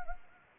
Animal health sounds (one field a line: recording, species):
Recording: mosquito wingbeat signal from an infrared sensor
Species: Anopheles arabiensis